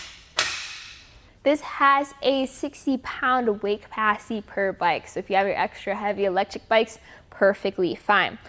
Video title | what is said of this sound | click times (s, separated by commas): etrailer - How to Install the RockyMounts MonoRail Bike Rack for 2 Bikes on a 2022 Honda Odyssey | then the door closes and then all you need to do is lift up on the rack and it snaps into place | 0.4 s